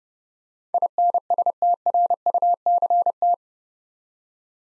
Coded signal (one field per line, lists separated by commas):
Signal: Morse code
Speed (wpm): 30 wpm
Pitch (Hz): 700 Hz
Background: none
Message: INSTRUCT